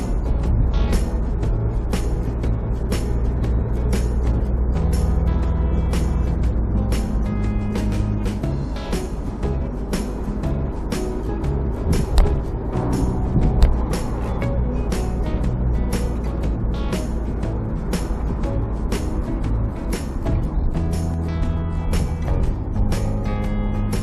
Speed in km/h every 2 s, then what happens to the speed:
42, 43, 44, 40, 37, 38, 40, 42, 41, 38, 32, 27.
4-9 slows to 37. 9-15 steady at about 40. 15-21 slows to 27.